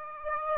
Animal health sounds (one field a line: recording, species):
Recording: mosquito wingbeat signal from an infrared sensor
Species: Aedes aegypti